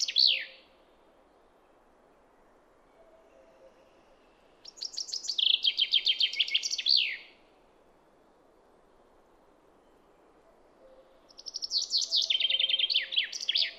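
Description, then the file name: Common chaffinch song repeated after pauses of a few seconds: each phrase is a cascade of quick notes with a trill and a terminal flourish. "Fringilla coelebs"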